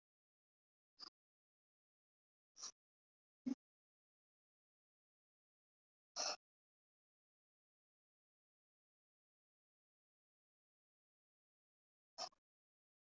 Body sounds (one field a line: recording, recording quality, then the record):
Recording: deep breathing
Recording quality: excellent, no background noise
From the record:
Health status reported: healthy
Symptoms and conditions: hypertension, diabetes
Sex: male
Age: 59 years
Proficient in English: yes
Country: India